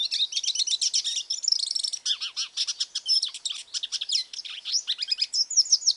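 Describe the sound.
Hooded siskin song: dense, fast twittering of high chirps and buzzy trills with occasional down-slurred notes, continuous throughout.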